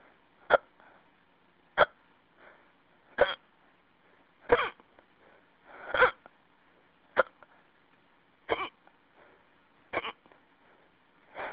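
Nine sharp, abrupt hiccups from an adult at a fairly steady pace, roughly 45 a minute, left as a phone message to a hiccup forum.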